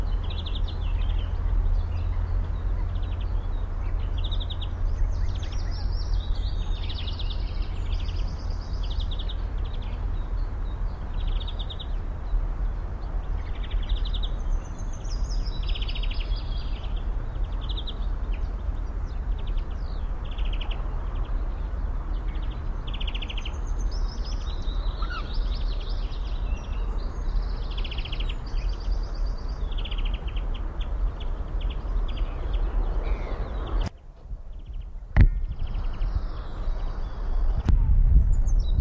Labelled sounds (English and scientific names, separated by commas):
Willow Warbler (Phylloscopus trochilus)